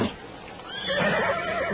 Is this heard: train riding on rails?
no